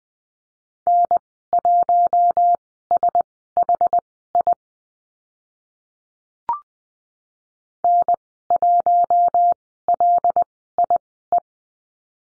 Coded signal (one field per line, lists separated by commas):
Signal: Morse code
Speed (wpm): 20 wpm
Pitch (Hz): 700 Hz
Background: none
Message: N1SHI N1LIE